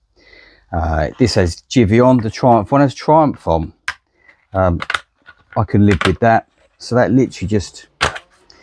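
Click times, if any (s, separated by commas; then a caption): none. Someone talks while handling a plastic top plate for a top box mount on the rear rack bracket of a Triumph Scrambler 400X motorcycle, about to press it down onto the rack. The clip ends before the plate goes home, so nothing has clicked or seated yet.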